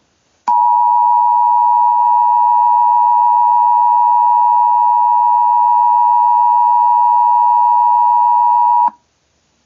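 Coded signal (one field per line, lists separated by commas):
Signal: Emergency Alert System (SAME) tones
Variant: 853 and 960 Hz attention tone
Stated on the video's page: Fictional EAS scenario.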